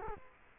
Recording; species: mosquito wingbeat signal from an infrared sensor; Culex quinquefasciatus